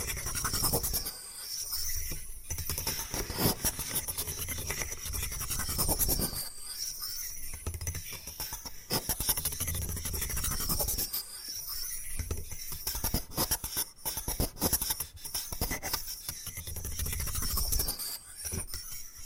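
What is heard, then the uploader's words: Scratching and brushing across bamboo, a dense, raspy rubbing in uneven strokes with brief pauses around three, six and twelve seconds. ASMR Brain Tingling Bamboo Tapping, Scratching and Brushing Sounds for Sleep (No Talking).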